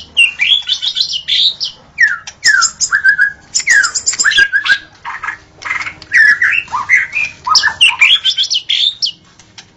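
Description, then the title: White-rumped shama song of loud whistled slurs, some falling, some rising, mixed with chirps and crisp clicks in a steady varied sequence. Wild forest bird, natural song. "Kicau Asli Murai Batu Hutan"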